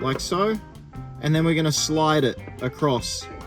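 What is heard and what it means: A wheelchair restraint fitting for a Toyota Alphard wheelchair-accessible vehicle is handled at a floor pocket as someone talks. Its movable piece is lined up with the teeth and pushed in so it pops up, ready to slide across into the pocket. Nothing has seated or clicked yet.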